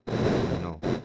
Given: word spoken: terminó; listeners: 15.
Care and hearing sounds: one Spanish word in noise, from a listening test; noise modulated by one talker; -7.7 dB; 0 of 15; 10 of 15; 0.65 s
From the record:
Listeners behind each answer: 10, 1, 1, 1, 1, 1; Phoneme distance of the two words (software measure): 35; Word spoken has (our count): 3 syllables, 7 phonemes, stress on syllable 3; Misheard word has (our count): 1 syllable, 2 phonemes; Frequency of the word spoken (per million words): 45.05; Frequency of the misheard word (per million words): 9606.18

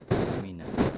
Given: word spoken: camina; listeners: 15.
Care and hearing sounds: one Spanish word in noise, from a listening test; noise modulated by one talker; -7.5 dB; 1 of 15; 9 of 15; 0.58 s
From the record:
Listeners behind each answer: 9, 2, 1, 1, 1, 1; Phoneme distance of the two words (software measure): 14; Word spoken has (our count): 3 syllables, 6 phonemes, stress on syllable 2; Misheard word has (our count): 2 syllables, 4 phonemes, stress on syllable 1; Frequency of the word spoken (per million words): 11.64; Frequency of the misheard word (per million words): 13.21

